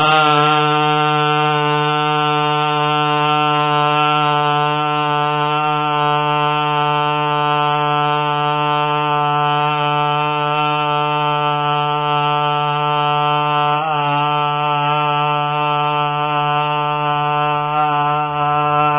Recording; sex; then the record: sustained vowel /a/; male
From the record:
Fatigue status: no fatigue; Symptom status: asymptomatic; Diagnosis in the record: COVID-19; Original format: 3gp